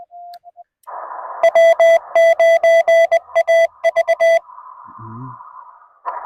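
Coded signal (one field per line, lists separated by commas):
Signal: Morse code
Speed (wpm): 21 wpm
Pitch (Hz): 660 Hz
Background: music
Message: W9AV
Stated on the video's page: CW Parks on the Air activation by a CW newbie: Yaesu FT-891, 17-foot telescoping whip, 50 watts on 20 metres, rain later.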